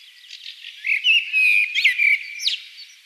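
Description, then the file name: Common blackbird singing a mellow, fluty warble of sliding whistled notes that ends in a rising squeaky flourish, with soft twittering before it. "Turdus merula"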